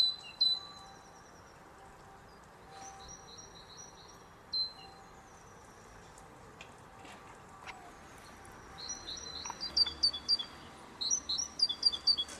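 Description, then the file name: Great tit giving scattered high whistled notes, then quick repeated two-note phrases near the end. "Parus major"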